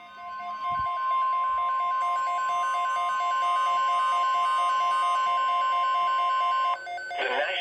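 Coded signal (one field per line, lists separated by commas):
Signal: Emergency Alert System (SAME) tones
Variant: 1050 Hz attention tone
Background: speech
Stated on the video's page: Severe Thunderstorm Watch on NOAA Weather Radio station WXL40.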